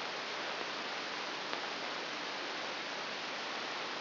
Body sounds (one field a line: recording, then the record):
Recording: brain microelectrode recording played as sound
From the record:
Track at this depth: inside the subthalamic nucleus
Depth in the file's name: 1.407 mm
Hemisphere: right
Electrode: 3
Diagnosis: Parkinson's disease